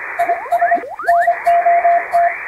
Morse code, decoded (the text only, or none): IS NOT